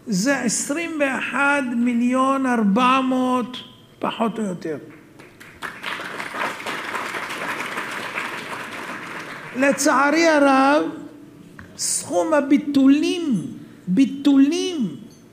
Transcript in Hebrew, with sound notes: זה עשרים ואחד מיליון ארבע מאות פחות או יותר [מחיאות כפים] לצערי הרב! סכום 'הביטולים' ביטולים